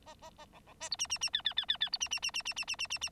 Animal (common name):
Bengalese Finch